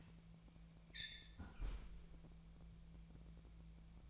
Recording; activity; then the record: daily activity, microphone in the room; close fridge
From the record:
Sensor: 1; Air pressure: 1000.0 hPa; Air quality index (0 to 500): 136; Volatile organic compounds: 2 ppm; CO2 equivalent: 1286 ppm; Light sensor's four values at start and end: 36/91/38/47 and 36/91/38/47